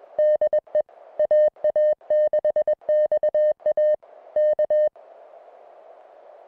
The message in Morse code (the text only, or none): DE AA6XA K